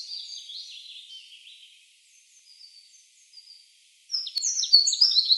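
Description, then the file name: Eurasian wren song: rapid, high, rattling trills and sharp twittering phrases, one burst fading out, then a louder, denser outburst after a short pause. Recorded 24 April 2013. "24 04 2013 Zaunkoenig JB"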